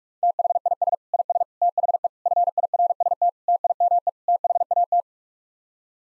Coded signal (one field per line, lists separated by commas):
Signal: Morse code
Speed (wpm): 41 wpm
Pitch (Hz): 700 Hz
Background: none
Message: THIS IS THE FIRST TIME THAT